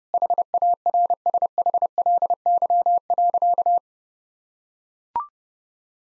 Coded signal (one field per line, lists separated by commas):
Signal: Morse code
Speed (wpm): 32 wpm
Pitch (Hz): 700 Hz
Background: none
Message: HARSHLY.